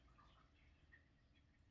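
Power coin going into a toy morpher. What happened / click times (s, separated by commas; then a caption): A small plastic piece is handled without being seated / none. A plastic Mastodon power coin is flipped over by hand to show its Black Ranger helmet side before it goes into a Lightning Collection Pink Ranger toy morpher. Against a low, steady background hum, a small tap at 0.9 s is the coin being turned over. This is only handling: the coin has not been inserted, twisted or locked, and nothing has clicked yet.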